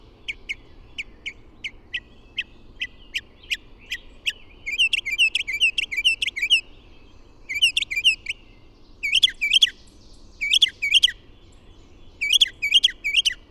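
Bird song of a series of quick high ticks, then groups of curved chirping notes with short pauses between the groups.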